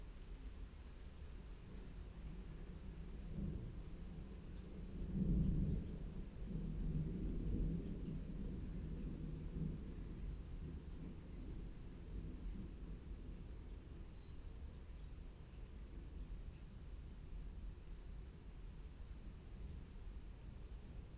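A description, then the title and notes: Rain falls steadily in a dense, even hiss across the whole stretch. Around five to eight seconds a low, deep rumble of thunder swells and rolls, then fades back beneath the rain, which continues unchanged to the end. Rain and Thunder near Aschberg - 3pm - binaural version.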